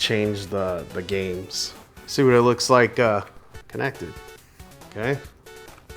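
Someone talks while handling a detachable controller, lining it up to snap into the side rail of a Nintendo Switch 2 handheld game console, with music playing underneath. The clip ends before the part goes home, so nothing has seated or clicked yet.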